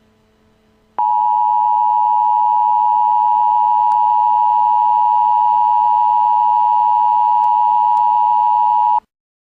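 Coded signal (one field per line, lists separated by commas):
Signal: Emergency Alert System (SAME) tones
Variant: 853 and 960 Hz attention tone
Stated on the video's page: Mock EAS alert, a made-up scenario about a shooting at an amusement park.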